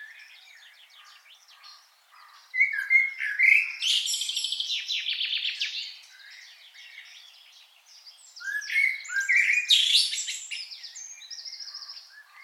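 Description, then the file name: Common blackbird twittering, soft chatter breaking into two loud phrases of buzzy trills and high slurred whistles around three and nine seconds. "Turdus merula"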